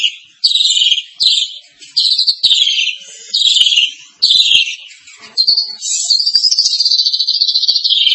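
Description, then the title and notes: Starling song of clipped whistled bursts repeated about once a second, ending in a sustained warbling high whistle. "suara burung jalak"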